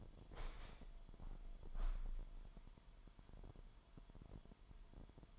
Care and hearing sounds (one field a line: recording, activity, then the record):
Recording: daily activity, microphone in the room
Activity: open window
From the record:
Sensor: 5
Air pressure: 998.2 hPa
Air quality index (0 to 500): 92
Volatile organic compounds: 2 ppm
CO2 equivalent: 1059 ppm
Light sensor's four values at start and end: 22/53/22/24 and 22/53/22/24